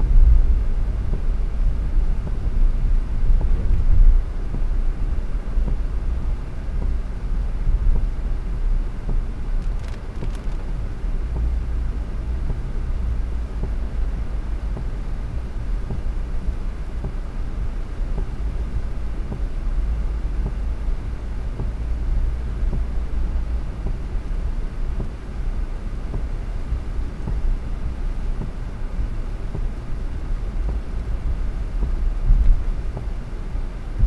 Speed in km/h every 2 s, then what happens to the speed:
53, 52, 52, 55, 55, 57, 58, 59, 58, 58, 58, 58, 59, 59, 56, 56, 54.
0-34 steady at about 57.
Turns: none.